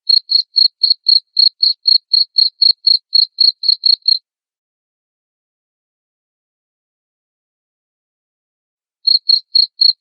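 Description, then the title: Cricket chirps, short high pulses repeated about four times a second for four seconds, a long silent gap, then the chirping resumes near the end. Loud cricket chirping (ngerik) played to make lovebirds sing (ngekek) continuously. "Suara JANGKRIK NGERIK Keras Bikin LOVEBIRD Jadi NGEKEK Terus Vubey"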